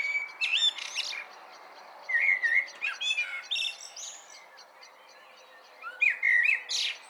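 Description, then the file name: Common blackbird singing low warbled whistles that break into high scratchy flourishes, three phrases over a steady hiss of background noise. "Turdus merula"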